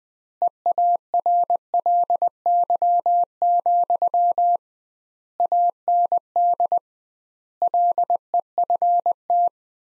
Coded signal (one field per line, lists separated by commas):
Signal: Morse code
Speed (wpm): 20 wpm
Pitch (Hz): 700 Hz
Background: none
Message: EARLY, AND LEFT